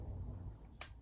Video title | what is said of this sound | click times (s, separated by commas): Fardriver harness install for ONYX RCR | press it in firmly and evenly on both sides until you hear it clicking in. | 0.8 s